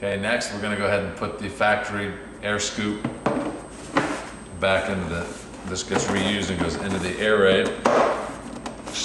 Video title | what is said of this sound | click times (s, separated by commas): Airaid Intake Installation on a 2010 Camaro SS | snaps right into place | 8.7 s